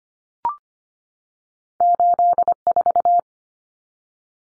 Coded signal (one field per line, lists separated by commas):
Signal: Morse code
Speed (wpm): 25 wpm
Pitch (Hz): 700 Hz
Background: none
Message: 84